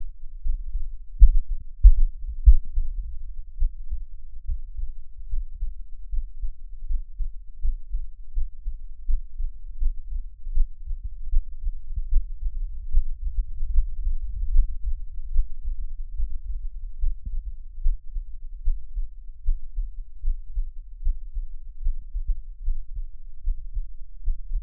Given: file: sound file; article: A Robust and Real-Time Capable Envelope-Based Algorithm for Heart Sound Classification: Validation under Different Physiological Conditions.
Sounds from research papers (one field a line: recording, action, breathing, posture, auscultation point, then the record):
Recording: heart sounds by electronic stethoscope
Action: rest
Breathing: deep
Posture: sitting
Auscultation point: Erb’s point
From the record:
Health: healthy, no known heart disease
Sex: male